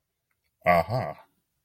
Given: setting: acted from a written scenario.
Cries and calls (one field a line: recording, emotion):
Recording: vocal sound without words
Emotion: neutral